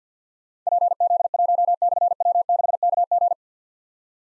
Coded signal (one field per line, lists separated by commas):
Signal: Morse code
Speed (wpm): 53 wpm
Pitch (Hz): 700 Hz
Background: none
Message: PZ1/W6KG